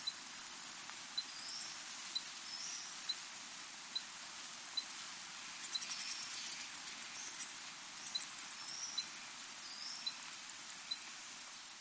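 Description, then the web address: White-lined sac-winged bat calls: shrill, quick chirp series in several bursts, broken by short pauses, a faint regular tick below. South American rainforest mammal. "Natures Songs S America Mammals of the Rainforest White-lined sac-winged bat"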